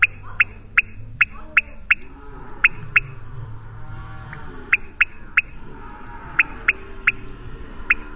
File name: Leptodactylus podicipinus